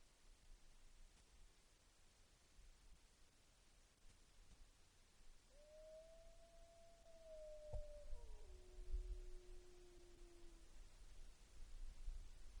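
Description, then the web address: Mammal gives a single faint drawn-out howl that holds steady, then drops to a lower steady pitch before fading, amid quiet low noise. Recorded in Wrangell-St. Elias, Alaska, on 11 February 2017 at about 00:22. "alaska acoustic highlights MAMMALS"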